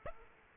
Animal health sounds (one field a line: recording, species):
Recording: mosquito wingbeat signal from an infrared sensor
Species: Aedes aegypti